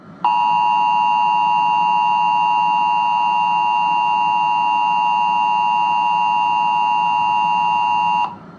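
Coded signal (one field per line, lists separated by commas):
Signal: Emergency Alert System (SAME) tones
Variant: 853 and 960 Hz attention tone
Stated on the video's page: SAME tones of a Required Monthly Test carried on Verizon FiOS ClearQAM cable.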